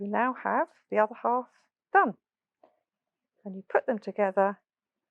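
Someone talks while handling the two halves of a metal press stud (snap fastener), set on fabric with a snap tool, bringing the socket half toward the stud half to push them together. Only a faint tick sounds between the phrases, and the press stud has not snapped closed or seated yet.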